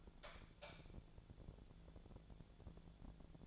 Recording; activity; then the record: daily activity, microphone in the room; light on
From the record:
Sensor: 5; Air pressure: 1000.2 hPa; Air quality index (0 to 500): 96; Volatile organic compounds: 1 ppm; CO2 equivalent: 778 ppm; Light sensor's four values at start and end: 207/493/210/231 and 208/499/212/233